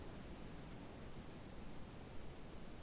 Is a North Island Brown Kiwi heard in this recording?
no